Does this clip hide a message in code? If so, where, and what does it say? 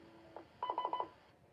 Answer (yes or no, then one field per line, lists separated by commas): no